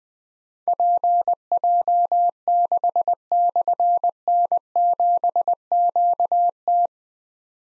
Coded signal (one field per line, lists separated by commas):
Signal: Morse code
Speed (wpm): 20 wpm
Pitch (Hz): 700 Hz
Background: none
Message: PJ6/N7QT